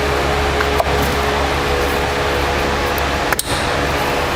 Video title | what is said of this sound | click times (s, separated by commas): etrailer - Curt 5th Wheel Wiring Harness Installation - 2015 Chevrolet Silverado 3500 | You'll hear it click. | 3.4 s